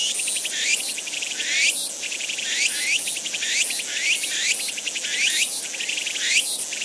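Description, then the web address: Walker's cicada song, a loud, high, rhythmic buzz with rapid pulses swelling into rising sweeps, the phrase recurring about every second. "insect tutuhousi"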